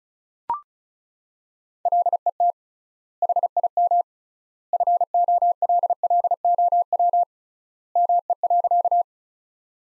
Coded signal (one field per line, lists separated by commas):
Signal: Morse code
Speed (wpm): 36 wpm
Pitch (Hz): 700 Hz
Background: none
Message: LET HIM FOLLOW ME.